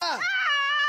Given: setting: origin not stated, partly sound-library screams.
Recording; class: one-second piece from a danger detection set; woman in danger